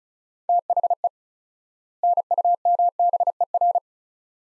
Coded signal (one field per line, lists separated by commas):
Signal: Morse code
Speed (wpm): 36 wpm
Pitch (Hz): 700 Hz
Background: none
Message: THE NUMBER